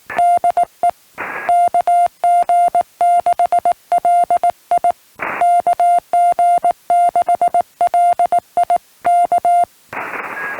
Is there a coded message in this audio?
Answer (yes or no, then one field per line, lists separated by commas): yes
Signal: Morse code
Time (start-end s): 0.2-9.6 s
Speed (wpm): 18 wpm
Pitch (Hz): 700 Hz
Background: music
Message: DE KG6LI KG6LI K